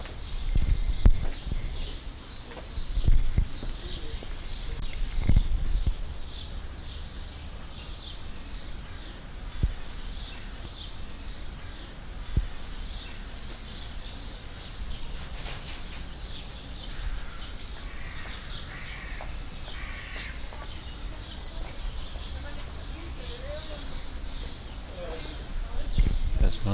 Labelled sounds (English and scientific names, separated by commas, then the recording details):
Black-mantled Tamarin (Saguinus nigricollis)
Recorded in captivity
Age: adult
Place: Zoo Berlin, Berlin, DE
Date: 1998-06-20 13:30
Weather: wolkig - heiter, 22°C
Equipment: Sony MD-WM MZ-R3, Sennheiser ME 80, Kopie Uher 4000 Report Monitor
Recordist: Tembrock, Günter